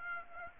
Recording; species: mosquito wingbeat signal from an infrared sensor; Aedes aegypti